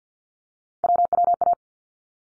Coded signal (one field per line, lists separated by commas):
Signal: Morse code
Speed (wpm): 50 wpm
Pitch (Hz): 700 Hz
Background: none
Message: WWA